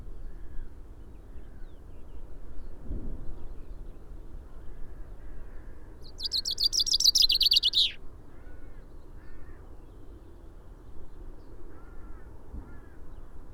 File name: Fringilla coelebs